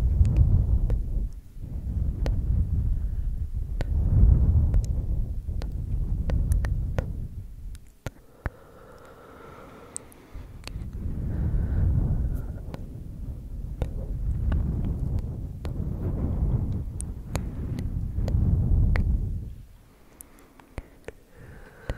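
Close-up ASMR of bassy breathing and ear blowing: deep, rumbling breaths swell and fade in long waves, with a quiet lull near eight seconds and again near twenty. Sharp little clicks pop throughout, and faint whispery murmurs surface between the breaths.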